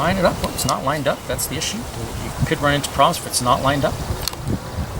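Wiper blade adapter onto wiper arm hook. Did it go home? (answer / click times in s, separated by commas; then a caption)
yes / 4.3 s. Someone talks while fitting a new windshield wiper blade to a 2006–2012 Ford Fusion, pushing the blade's plastic adapter onto the J-hook of the metal wiper arm. A sharp click sounds at 4.3 s, and the adapter latches and seats on the arm.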